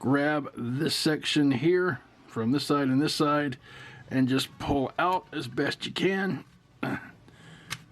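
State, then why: Seated. Someone talks while gripping a back section of a plastic transforming figure from both sides and pulling it out. A faint tick at 7.3 seconds is followed by a sharp little click at 7.7 seconds as the section locks into its extended position.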